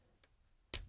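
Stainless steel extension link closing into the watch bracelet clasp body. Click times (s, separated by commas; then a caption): 0.7 s. A pressed stainless steel on-the-fly extension on the bracelet clasp of a Pagani Design PD-1716 watch is pushed back into the clasp body. A faint tick at 0.2 s comes before one sharp, loud click at 0.7 s. The extension snaps shut and seats firmly in the clasp.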